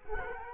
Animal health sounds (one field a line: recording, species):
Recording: mosquito wingbeat signal from an infrared sensor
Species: Culex quinquefasciatus